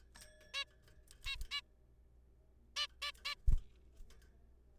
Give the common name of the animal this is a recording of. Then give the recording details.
Zebra Finch. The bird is a juvenile. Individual R3428